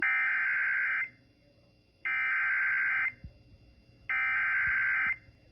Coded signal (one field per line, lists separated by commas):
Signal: Emergency Alert System (SAME) tones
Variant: header bursts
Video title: Severe Thunderstorm Warning on WKTG-HD2 (EAS #118)